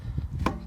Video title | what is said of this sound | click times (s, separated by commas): Kalorifer fan düğmesi 1 2 3 kademe çalışmıyor 4 çalışıyorsa sorunumuz kalorifer rezistansı tamiri | çevirmek gördüğünüz gibi parça yerine oturdu şu anda | 0.5 s